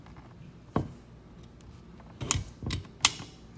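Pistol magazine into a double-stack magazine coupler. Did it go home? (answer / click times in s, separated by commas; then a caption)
yes / 3.1 s. A second pistol magazine is pushed into a Cross Armory aluminum double-stack base-plate coupler made for Springfield XD, Beretta 92FS and CZ magazines. Sharp plastic-and-metal knocks and scrapes come at about 0.8, 2.3 and 2.7 seconds, followed by a bright, loud click at 3.1 seconds. The magazine is fully seated and latched in the coupler.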